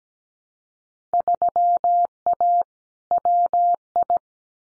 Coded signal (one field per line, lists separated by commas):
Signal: Morse code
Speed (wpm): 17 wpm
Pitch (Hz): 700 Hz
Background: none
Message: 3A WI